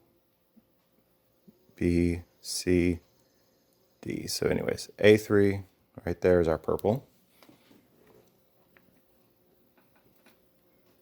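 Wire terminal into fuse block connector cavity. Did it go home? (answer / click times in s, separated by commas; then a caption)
no / none. Someone talks while a purple ignition wire's terminal, from a stock S10 ignition switch harness in an LS swap, is lined up at cavity A3 of the fuse block connector; it only fits one way. Faint small ticks and handling sounds follow in the quiet after the talking, but the terminal has not been pushed home or clicked into place yet.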